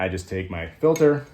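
A glass filter is handled on its way into the magnetic filter holder on a lens while someone talks, with faint light clinks under the voice. Nothing has seated or clicked yet.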